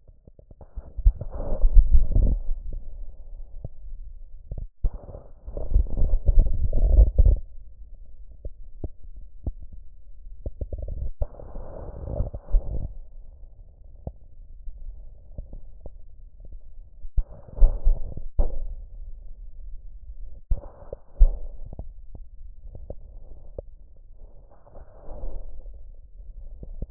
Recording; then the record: lung sounds by stethoscope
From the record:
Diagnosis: emphysema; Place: left posterior upper chest